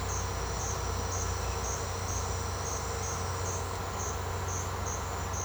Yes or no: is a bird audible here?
no